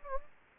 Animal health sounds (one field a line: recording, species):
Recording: mosquito wingbeat signal from an infrared sensor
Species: Anopheles gambiae